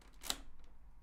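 A brown plastic LEGO door piece is pressed into the door frame at the entrance of a LEGO building model. A single sharp, bright plastic click sounds at 0.3 s over a quiet background, with only faint ticks before and after. The door clicks into place and is seated.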